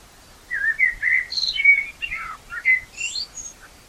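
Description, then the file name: Common blackbird singing a leisurely fluted warble of slurred whistles, then a high thin squeaky ending. "Turdus merula"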